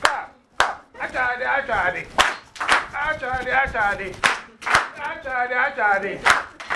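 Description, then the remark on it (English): Sharp hand claps ring out every second or two, each a crisp single smack, while a voice sings or chants steadily in between and underneath them, as people are taught a song in which "achadi" means clap. “Achadi means clap, clap.”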